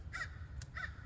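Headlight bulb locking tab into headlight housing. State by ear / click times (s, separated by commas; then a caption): seated / 0.6 s, 0.8 s. On a 2012 Toyota Corolla, the headlight bulb is pushed back into the headlight housing and its plastic locking tab snaps back down, with a sharp click at 0.6 s and another at 0.8 s. Two crow-like caws sound around 0.2 s and 0.8 s over a steady low rumble. The bulb is seated and the tab returns to place.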